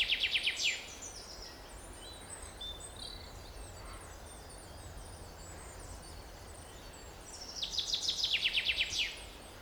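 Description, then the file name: Common chaffinch singing two rattling phrases, one cut off at the start and another near the end, each a fast series of notes, with soft hiss and faint chirps between. "Fringilla coelebs"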